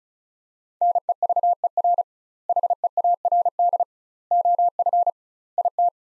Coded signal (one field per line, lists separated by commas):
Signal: Morse code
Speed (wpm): 34 wpm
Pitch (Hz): 700 Hz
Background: none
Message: NEVER HEARD OF IT